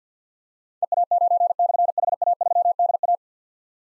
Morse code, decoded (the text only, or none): EA9/HA3DA